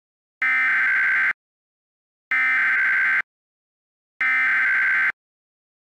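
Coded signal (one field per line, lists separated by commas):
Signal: Emergency Alert System (SAME) tones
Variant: header bursts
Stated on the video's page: Fictional meme EAS scenario about bad drivers, using valid SAME tones.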